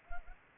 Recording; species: mosquito wingbeat signal from an infrared sensor; Anopheles gambiae